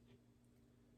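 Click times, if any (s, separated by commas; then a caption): none. A swappable plastic arm is handled at its socket on the body of a vintage medical droid action figure, with only a low, steady hum and faint rustling heard. Nothing has seated or clicked yet; the arm is not yet home.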